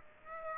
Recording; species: mosquito wingbeat signal from an infrared sensor; Aedes aegypti